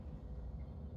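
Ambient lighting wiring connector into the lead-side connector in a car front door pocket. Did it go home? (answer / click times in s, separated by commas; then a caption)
no / none. An ambient lighting wiring connector is pushed with needle-nose pliers toward the lead-side connector in a Model Y front door pocket, after its wires have been routed through. Only a steady low rumble is heard, and nothing has seated or clicked yet.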